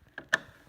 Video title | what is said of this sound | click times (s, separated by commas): Free-Motion Quilting Ideas: | gonna put the pen in and it'll click right in and then we tighten this up | 0.3 s